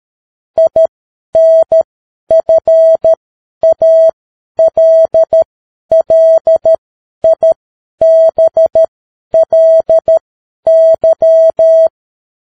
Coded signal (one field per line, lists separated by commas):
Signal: Morse code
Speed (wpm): 13 wpm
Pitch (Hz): 650 Hz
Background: none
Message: INFALLIBLY